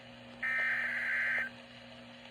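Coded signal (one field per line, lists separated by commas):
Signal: Emergency Alert System (SAME) tones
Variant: header bursts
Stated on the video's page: Tornado Warning relayed on NOAA Weather Radio stations.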